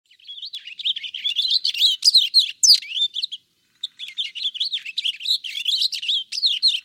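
Purple finch giving a rapid, rich warble of slurred chirping notes, pausing briefly near the middle before the jumbled twittering resumes.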